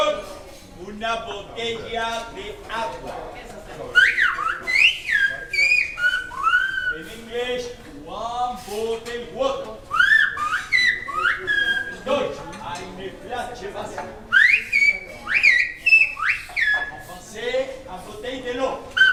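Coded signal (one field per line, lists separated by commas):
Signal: whistled language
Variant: Silbo Gomero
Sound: loud gliding whistles rising and falling in pitch, interleaved with spoken words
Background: speech, room echo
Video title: Silbo Gomero гомерский свист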